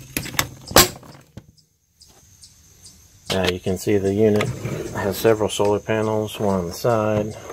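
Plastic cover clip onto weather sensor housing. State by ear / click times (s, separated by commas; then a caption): seated / 0.2 s, 0.4 s. The plastic cover of an AcuRite Atlas weather station's sensor unit is pressed down with its clip on the notch, clear of the electronics, and it snaps into place with two sharp clicks at 0.2 s and 0.4 s. A brief quiet follows, then someone talks from about 3.3 s onward.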